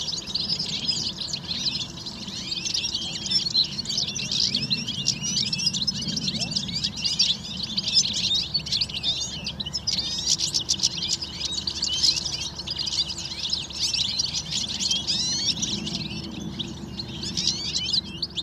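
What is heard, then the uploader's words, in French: A large winter flock of goldfinches and serins chatters without pause, hundreds of bright twittering calls overlapping into a dense, shimmering mass. The chorus stays steady throughout, over a low murmur of wind or rumble in the background. Grosse bande de Fringilles en fin d'hiver. Galican - Camargue - Parabole Wildtronic - mkh8020 - Mixpre 3. Ici Chardonneret élégant (Carduelis carduelis) et Serin cini (Serinus serinus) se concentrent par centaines intrigués régulièrement par un Épervier qui rôde.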